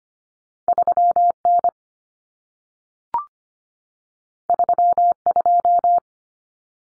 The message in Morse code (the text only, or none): 3N 32